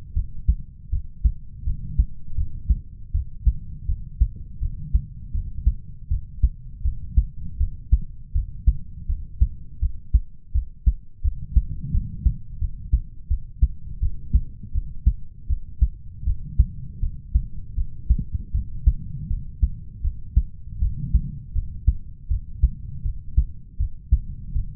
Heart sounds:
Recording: heart sounds by stethoscope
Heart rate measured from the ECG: 81 bpm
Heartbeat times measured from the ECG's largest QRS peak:
0.14 s: heartbeat
0.90 s: heartbeat
1.64 s: heartbeat
2.35 s: heartbeat
3.12 s: heartbeat
3.86 s: heartbeat
4.60 s: heartbeat
5.32 s: heartbeat
6.08 s: heartbeat
6.82 s: heartbeat
7.57 s: heartbeat
8.32 s: heartbeat
9.06 s: heartbeat
9.79 s: heartbeat
10.52 s: heartbeat
11.21 s: heartbeat
11.91 s: heartbeat
12.58 s: heartbeat
13.27 s: heartbeat
14.00 s: heartbeat
14.72 s: heartbeat
15.47 s: heartbeat
16.24 s: heartbeat
17.00 s: heartbeat
17.75 s: heartbeat
18.52 s: heartbeat
19.28 s: heartbeat
20.01 s: heartbeat
20.79 s: heartbeat
21.52 s: heartbeat
22.28 s: heartbeat
23.02 s: heartbeat
23.77 s: heartbeat
24.53 s: heartbeat
From the record:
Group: healthy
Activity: rest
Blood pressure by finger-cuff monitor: 88/64 mmHg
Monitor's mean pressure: 71 mmHg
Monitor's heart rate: 80 bpm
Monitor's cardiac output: 6.1 L/min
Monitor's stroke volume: 76 mL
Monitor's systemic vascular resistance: 860 dyn s/cm5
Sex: male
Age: 20 years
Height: 187 cm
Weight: 68.9 kg

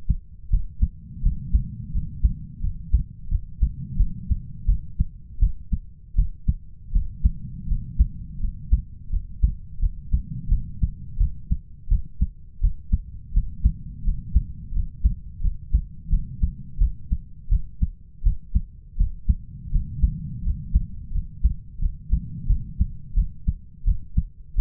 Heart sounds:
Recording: heart sounds by stethoscope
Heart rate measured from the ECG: 85 bpm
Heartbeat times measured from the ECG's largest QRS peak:
0.49 s: heartbeat
1.22 s: heartbeat
1.92 s: heartbeat
2.61 s: heartbeat
3.28 s: heartbeat
3.96 s: heartbeat
4.66 s: heartbeat
5.39 s: heartbeat
6.15 s: heartbeat
6.92 s: heartbeat
7.67 s: heartbeat
8.39 s: heartbeat
9.10 s: heartbeat
9.79 s: heartbeat
10.48 s: heartbeat
11.17 s: heartbeat
11.88 s: heartbeat
12.60 s: heartbeat
13.33 s: heartbeat
14.04 s: heartbeat
14.72 s: heartbeat
15.41 s: heartbeat
16.09 s: heartbeat
16.78 s: heartbeat
17.49 s: heartbeat
18.22 s: heartbeat
18.96 s: heartbeat
19.71 s: heartbeat
20.42 s: heartbeat
21.11 s: heartbeat
21.79 s: heartbeat
22.47 s: heartbeat
23.14 s: heartbeat
23.84 s: heartbeat
24.55 s: heartbeat
From the record:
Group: healthy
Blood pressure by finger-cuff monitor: 122/75 mmHg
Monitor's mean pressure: 92 mmHg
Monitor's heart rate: 85 bpm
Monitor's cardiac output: 7.6 L/min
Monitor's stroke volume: 89 mL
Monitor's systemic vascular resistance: 870 dyn s/cm5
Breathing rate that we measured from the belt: 10 breaths a minute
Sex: male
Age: 33 years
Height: 179 cm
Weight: 80.4 kg

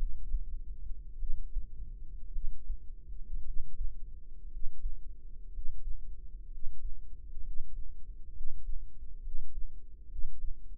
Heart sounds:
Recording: heart sounds by microphone in the left ear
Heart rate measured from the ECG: 61 bpm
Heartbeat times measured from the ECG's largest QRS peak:
1.17 s: heartbeat
2.30 s: heartbeat
3.42 s: heartbeat
4.47 s: heartbeat
5.49 s: heartbeat
6.47 s: heartbeat
7.40 s: heartbeat
8.31 s: heartbeat
9.19 s: heartbeat
10.06 s: heartbeat
From the record:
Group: healthy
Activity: breath hold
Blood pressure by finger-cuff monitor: 94/58 mmHg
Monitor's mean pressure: 72 mmHg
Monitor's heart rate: 58 bpm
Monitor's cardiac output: 5 L/min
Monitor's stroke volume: 82 mL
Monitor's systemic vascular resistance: 1070 dyn s/cm5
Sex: female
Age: 22 years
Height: 171 cm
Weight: 65.6 kg

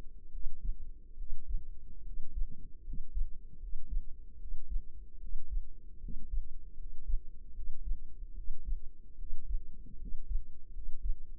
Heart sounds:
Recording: heart sounds by microphone in the left ear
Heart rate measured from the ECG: 75 bpm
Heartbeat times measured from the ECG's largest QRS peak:
0.29 s: heartbeat
1.15 s: heartbeat
2.02 s: heartbeat
2.82 s: heartbeat
3.58 s: heartbeat
4.37 s: heartbeat
5.18 s: heartbeat
5.98 s: heartbeat
6.75 s: heartbeat
7.52 s: heartbeat
8.33 s: heartbeat
9.16 s: heartbeat
9.97 s: heartbeat
10.71 s: heartbeat
From the record:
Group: healthy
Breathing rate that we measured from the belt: 16 breaths a minute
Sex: male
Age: 20 years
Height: 167 cm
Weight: 61 kg

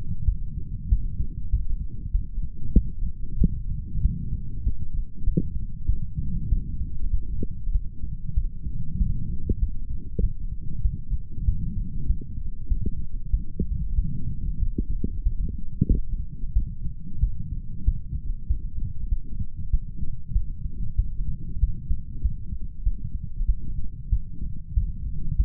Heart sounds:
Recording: heart sounds by stethoscope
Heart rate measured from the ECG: 96 bpm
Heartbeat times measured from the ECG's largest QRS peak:
0.25 s: heartbeat
0.89 s: heartbeat
1.50 s: heartbeat
2.12 s: heartbeat
2.73 s: heartbeat
3.38 s: heartbeat
4.02 s: heartbeat
4.63 s: heartbeat
5.24 s: heartbeat
5.86 s: heartbeat
6.49 s: heartbeat
7.10 s: heartbeat
7.72 s: heartbeat
8.34 s: heartbeat
8.98 s: heartbeat
9.59 s: heartbeat
10.20 s: heartbeat
10.82 s: heartbeat
11.45 s: heartbeat
12.07 s: heartbeat
12.68 s: heartbeat
13.31 s: heartbeat
13.95 s: heartbeat
14.59 s: heartbeat
15.23 s: heartbeat
15.88 s: heartbeat
16.53 s: heartbeat
17.20 s: heartbeat
17.85 s: heartbeat
18.47 s: heartbeat
19.09 s: heartbeat
19.71 s: heartbeat
20.33 s: heartbeat
20.96 s: heartbeat
21.60 s: heartbeat
22.22 s: heartbeat
22.83 s: heartbeat
23.46 s: heartbeat
24.10 s: heartbeat
24.74 s: heartbeat
25.36 s: heartbeat
From the record:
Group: healthy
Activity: light exercise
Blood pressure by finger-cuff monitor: 119/75 mmHg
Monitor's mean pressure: 91 mmHg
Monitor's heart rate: 96 bpm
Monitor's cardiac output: 7.2 L/min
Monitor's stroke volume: 75 mL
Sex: male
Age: 35 years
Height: 178 cm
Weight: 64 kg

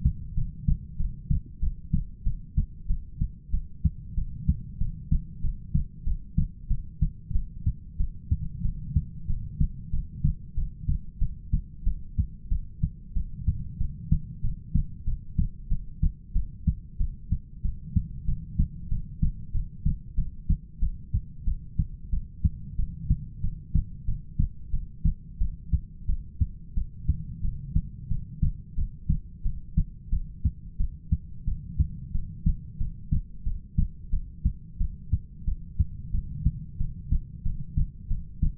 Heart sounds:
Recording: heart sounds by stethoscope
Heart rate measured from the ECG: 92 bpm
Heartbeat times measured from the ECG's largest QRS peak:
0.35 s: heartbeat
0.98 s: heartbeat
1.61 s: heartbeat
2.24 s: heartbeat
2.88 s: heartbeat
3.52 s: heartbeat
4.16 s: heartbeat
4.79 s: heartbeat
5.42 s: heartbeat
6.05 s: heartbeat
6.69 s: heartbeat
7.33 s: heartbeat
7.98 s: heartbeat
8.63 s: heartbeat
9.28 s: heartbeat
9.91 s: heartbeat
10.56 s: heartbeat
11.20 s: heartbeat
11.85 s: heartbeat
12.50 s: heartbeat
13.15 s: heartbeat
13.79 s: heartbeat
14.42 s: heartbeat
15.06 s: heartbeat
15.70 s: heartbeat
16.34 s: heartbeat
16.99 s: heartbeat
17.63 s: heartbeat
18.26 s: heartbeat
18.90 s: heartbeat
19.53 s: heartbeat
20.16 s: heartbeat
20.81 s: heartbeat
21.46 s: heartbeat
22.11 s: heartbeat
22.77 s: heartbeat
23.42 s: heartbeat
24.06 s: heartbeat
24.72 s: heartbeat
25.39 s: heartbeat
26.07 s: heartbeat
26.75 s: heartbeat
27.43 s: heartbeat
28.09 s: heartbeat
28.76 s: heartbeat
29.44 s: heartbeat
30.11 s: heartbeat
30.78 s: heartbeat
31.46 s: heartbeat
32.13 s: heartbeat
32.79 s: heartbeat
33.45 s: heartbeat
34.11 s: heartbeat
34.79 s: heartbeat
35.46 s: heartbeat
36.12 s: heartbeat
36.79 s: heartbeat
37.44 s: heartbeat
38.09 s: heartbeat
From the record:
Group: heart failure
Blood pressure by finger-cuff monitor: 94/58 mmHg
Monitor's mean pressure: 69 mmHg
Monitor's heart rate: 93 bpm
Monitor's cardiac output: 8 L/min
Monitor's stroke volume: 86 mL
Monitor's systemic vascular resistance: 610 dyn s/cm5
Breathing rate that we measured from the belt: 13 breaths a minute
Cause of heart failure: ischemic heart disease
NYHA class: 1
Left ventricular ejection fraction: 38%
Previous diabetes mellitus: present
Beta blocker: bisoprolol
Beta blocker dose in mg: 15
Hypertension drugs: sacubitril-valsartan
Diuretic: furosemide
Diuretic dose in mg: 20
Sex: male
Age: 33 years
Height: 172 cm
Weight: 78.5 kg

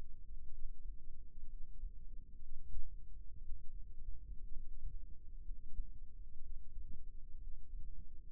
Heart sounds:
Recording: heart sounds by microphone in the left ear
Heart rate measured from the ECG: 61 bpm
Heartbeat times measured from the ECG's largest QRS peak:
0.52 s: heartbeat
1.50 s: heartbeat
2.42 s: heartbeat
3.42 s: heartbeat
4.50 s: heartbeat
5.45 s: heartbeat
6.43 s: heartbeat
7.40 s: heartbeat
From the record:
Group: healthy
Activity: rest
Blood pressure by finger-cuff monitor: 77/50 mmHg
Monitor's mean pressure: 61 mmHg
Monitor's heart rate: 62 bpm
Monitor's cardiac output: 5.5 L/min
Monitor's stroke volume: 90 mL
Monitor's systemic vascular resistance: 770 dyn s/cm5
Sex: male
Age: 22 years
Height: 181 cm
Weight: 79 kg

